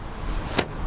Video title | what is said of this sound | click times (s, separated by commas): NEW 2017 Skoda Kodiaq SUV Test Review | and it locks into place very simple and then under here the lever moves the seats | 0.6 s